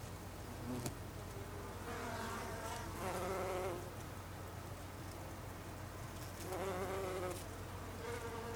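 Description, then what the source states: Bumblebee buzzing in passes, the drone rising and fading a few times as the insect comes and goes, over a low steady hum. Recorded 26 August 2012; Icelandic name hunangsflugur, plural.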